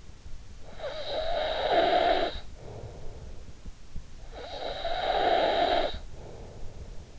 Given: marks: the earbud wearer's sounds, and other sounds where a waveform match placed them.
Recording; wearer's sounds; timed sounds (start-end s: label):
sounds in sleep by an in-ear microphone; snoring breath
0.37-3.54 s: snoring breath
4.14-7.19 s: snoring breath